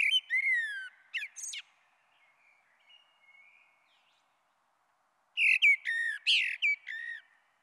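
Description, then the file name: Common blackbird song: fluty downslurred whistles with high squeaky flourishes, a faint soft strain between phrases, then a second whistled phrase. "Merle Noir"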